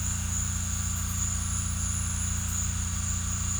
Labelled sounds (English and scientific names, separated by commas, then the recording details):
none
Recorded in secondary vegetation near Puerto Asís, Putumayo, Colombia, on 18 December 2024 at 17:00
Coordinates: 0.485, -76.322
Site GP08